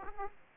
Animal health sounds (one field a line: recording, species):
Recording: mosquito wingbeat signal from an infrared sensor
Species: Aedes aegypti